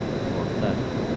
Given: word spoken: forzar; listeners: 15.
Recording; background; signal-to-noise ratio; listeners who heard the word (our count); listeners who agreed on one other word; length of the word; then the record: one Spanish word in noise, from a listening test; speech-shaped noise; -6.2 dB; 0 of 15; 6 of 15; 0.76 s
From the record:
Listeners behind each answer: 6, 4, 1, 1, 1, 1, 1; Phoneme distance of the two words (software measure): 20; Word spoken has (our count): 2 syllables, 6 phonemes, stress on syllable 2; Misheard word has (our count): 2 syllables, 6 phonemes, stress on syllable 2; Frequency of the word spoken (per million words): 8.06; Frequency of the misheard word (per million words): 23.39